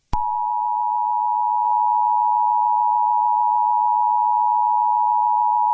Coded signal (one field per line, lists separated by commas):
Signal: Emergency Alert System (SAME) tones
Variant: 853 and 960 Hz attention tone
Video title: EAS Scenario "Spacial Anomalies"